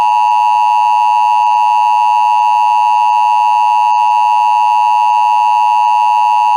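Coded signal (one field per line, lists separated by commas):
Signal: Emergency Alert System (SAME) tones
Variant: 853 and 960 Hz attention tone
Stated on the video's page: Mock EAS Required Weekly Test.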